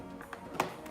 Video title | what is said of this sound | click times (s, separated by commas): FMS Kingfisher PNP - Unboxing + Zusammenbau | you hear a click the canopy is secured now we flip the plane over and | 0.6 s